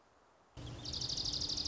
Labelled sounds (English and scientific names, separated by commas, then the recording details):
Dark-eyed Junco (Junco hyemalis)
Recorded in Sonoma County, California